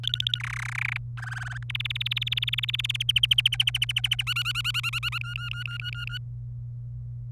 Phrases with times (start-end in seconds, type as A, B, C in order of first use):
0.03-0.39 A, 0.40-0.97 B, 1.17-1.58 C, 1.70-3.03 D, 3.09-4.23 E, 4.27-5.18 F, 5.21-6.18 G